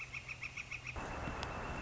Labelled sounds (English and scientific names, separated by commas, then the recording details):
Northern Flicker (Colaptes auratus)
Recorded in Sonoma County, California